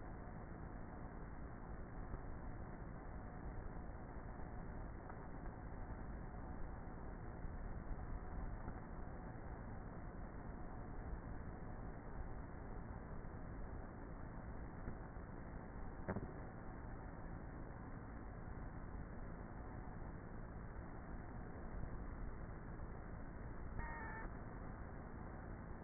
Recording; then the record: honeybee colony, microphone inside the hive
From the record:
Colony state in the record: queenless with a low population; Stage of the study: before two queens were removed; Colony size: about 30,000 bees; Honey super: no